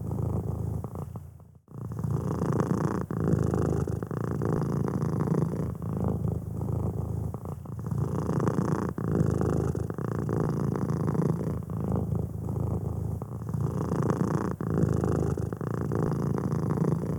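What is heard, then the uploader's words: A cat purrs, a low, steady rumble that pulses with each breath in and out every second or so. The purr stops briefly near the start, then continues evenly to the end with little else in the background. Cat Purring Sound by AmbientNoise.Online.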